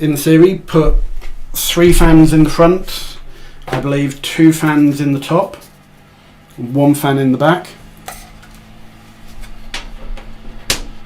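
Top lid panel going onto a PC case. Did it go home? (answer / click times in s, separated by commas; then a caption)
yes / 10.7 s. Someone talks while showing the fan mounting positions on a PC case, then puts the top lid panel back on the case. After a few quieter handling knocks, the lid snaps into place with a loud, sharp click at 10.7 s and is seated.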